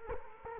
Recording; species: mosquito wingbeat signal from an infrared sensor; Culex quinquefasciatus